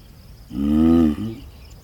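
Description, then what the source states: Galápagos giant tortoise giving one deep, drawn-out groan lasting under a second, over quiet background hiss. Pair mating under the shade of a Scalesia tree in the centre of the Alcedo volcano caldera, Isabela island.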